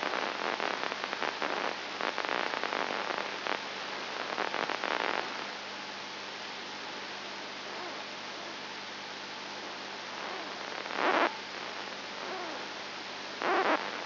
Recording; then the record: brain microelectrode recording played as sound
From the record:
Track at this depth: inside the subthalamic nucleus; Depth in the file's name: 5.5 mm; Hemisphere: left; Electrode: 2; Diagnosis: Parkinson's disease